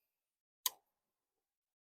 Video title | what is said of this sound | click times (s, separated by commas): Stealth camping on the edge of a public footpath, and I use my new firemaple gas stove | locks into place | 0.7 s